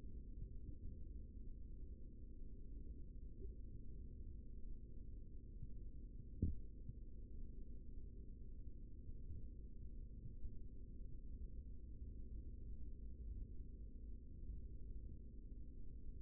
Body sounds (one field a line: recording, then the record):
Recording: forearm muscle sounds (acoustic myography)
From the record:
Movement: rest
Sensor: system 3, bracelet of six PUI Audio POM-2738L microphones around the upper forearm, with dedicated amplification and filtering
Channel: 3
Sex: male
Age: 55 years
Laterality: right